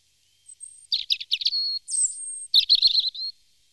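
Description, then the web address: European robin song: a short phrase of thin high whistles and fast twittering notes, with a sustained pure tone near the middle, lasting under three seconds. "chants d'oiseaux Jean C Roche - Rouge-gorge"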